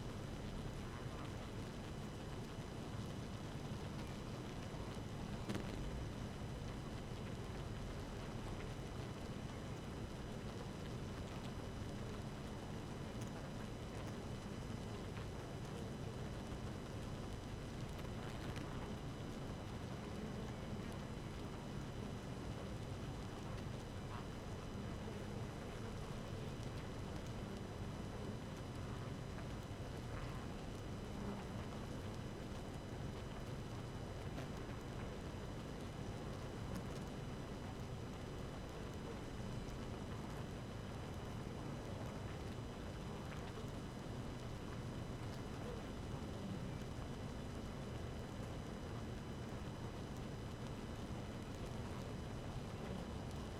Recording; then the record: honeybee colony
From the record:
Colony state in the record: active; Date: 12 June 2018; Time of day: 5:05